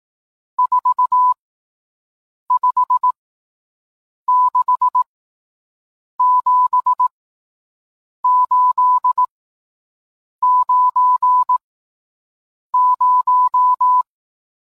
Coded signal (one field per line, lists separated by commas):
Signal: Morse code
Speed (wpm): 18 wpm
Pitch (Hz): 1000 Hz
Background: none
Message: 4 5 6 7 8 9 0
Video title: Le code Morse et le Braille